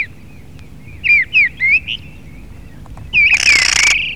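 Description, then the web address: Mistle thrush song: a few short, clear whistled notes sliding down, a pause, then a fluted phrase covered by a loud, harsh hissing burst. Filtered recording. "FILTERED TORDELA"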